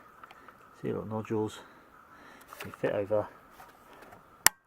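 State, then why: Seated. Someone talks as a small plastic clip holding a diffuser cover is pressed over the little nodules on top of an LED light bar. A single sharp, bright snap at 4.5 s marks the clip seating in place.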